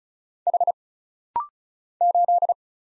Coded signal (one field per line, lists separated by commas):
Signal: Morse code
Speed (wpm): 36 wpm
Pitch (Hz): 700 Hz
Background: none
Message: H 8